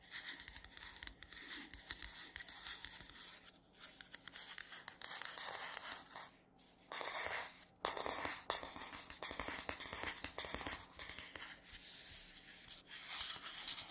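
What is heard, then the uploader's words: Dry scratchy tapping and scraping on matte surfaces, dense, in uneven bursts with brief pauses over a faint steady low hum. Scratchy Tapping on 3 Matte Surfaces (NO TALKING).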